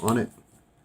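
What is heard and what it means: A plastic back cover is being pressed around the edges of a ZTE Cymbal smartphone, after its battery is installed, so its tabs snap into the notches. Someone talks briefly in the first quarter second, then only faint low background noise remains. Nothing has snapped or seated yet.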